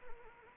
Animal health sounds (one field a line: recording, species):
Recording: mosquito wingbeat signal from an infrared sensor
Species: Anopheles arabiensis